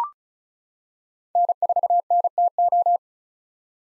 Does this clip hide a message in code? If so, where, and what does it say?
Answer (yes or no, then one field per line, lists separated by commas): yes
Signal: Morse code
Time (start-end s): 1.4-3.0 s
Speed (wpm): 34 wpm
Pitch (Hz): 700 Hz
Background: none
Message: N4NTO